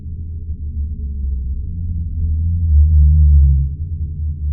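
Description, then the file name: Blue whale call: a sustained deep tonal moan with a faint higher harmonic, slightly shifting pitch, heard over a low rumbling background. Frequency-modulated (FM) calls of blue whales. "blue whale fm calls brian miller australian antarctic division"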